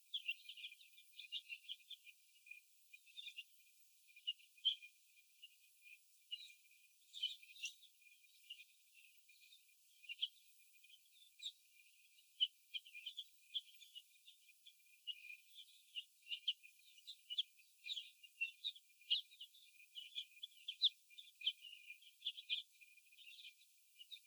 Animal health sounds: young laying hens in a cage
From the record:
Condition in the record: after the stressor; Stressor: sudden umbrella opening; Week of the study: 2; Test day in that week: 1

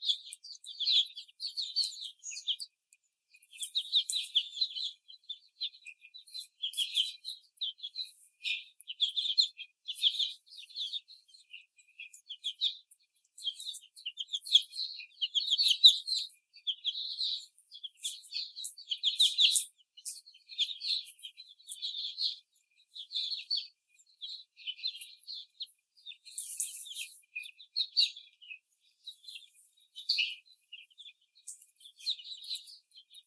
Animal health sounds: young laying hens in a cage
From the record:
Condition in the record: before the stressor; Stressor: simulated dog barking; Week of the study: 4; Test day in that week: 3

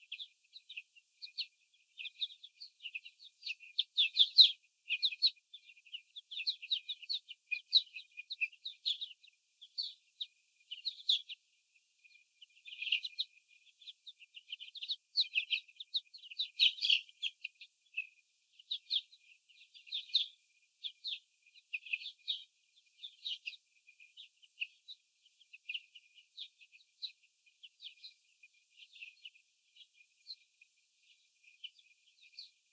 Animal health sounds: young laying hens in a cage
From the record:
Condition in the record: after the stressor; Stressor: sudden umbrella opening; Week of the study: 3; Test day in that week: 2

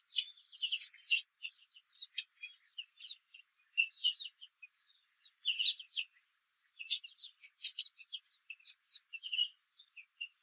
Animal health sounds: young laying hens in a cage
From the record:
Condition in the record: control cage, after the stress test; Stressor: none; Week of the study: 4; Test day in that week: 1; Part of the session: 2

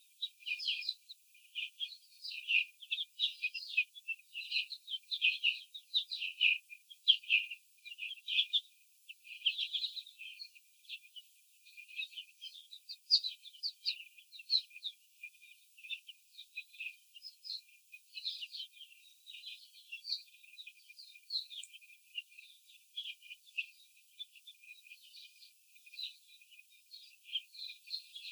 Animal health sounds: young laying hens in a cage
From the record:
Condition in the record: after the stressor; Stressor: simulated dog barking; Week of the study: 4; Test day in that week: 2

